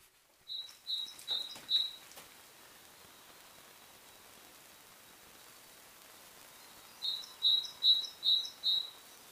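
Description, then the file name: Great tit calls: a run of four short, bright high notes, a pause of several seconds, then a second run of five similar notes, with a faint background hiss. "Parus major"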